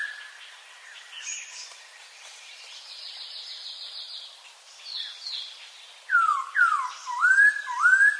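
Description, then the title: Mixed birds, song: faint scattered chirps and high buzzy notes give way to loud, repeated falling and swooping whistles near the end. "Burung Campur"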